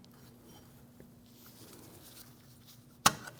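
A metal hold-down clip is pushed down and twisted onto its retaining pin on a parking brake shoe of a 2012-2016 Honda CR-V. After quiet low background noise, a sharp metallic click sounds at 3.1 s as the clip twists and locks, seated on the pin.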